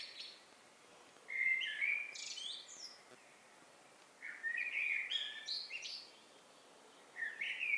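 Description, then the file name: Eurasian blackbird song: three separate mellow phrases spaced a few seconds apart, the first two rising into thin high twitters. "Turdus merula"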